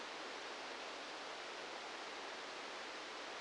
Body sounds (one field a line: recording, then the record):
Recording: brain microelectrode recording played as sound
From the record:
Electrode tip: outside the subthalamic nucleus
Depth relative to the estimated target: -8 mm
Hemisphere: right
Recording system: NeuroSet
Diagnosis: Parkinson's disease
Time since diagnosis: 19 years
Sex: female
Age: 69 years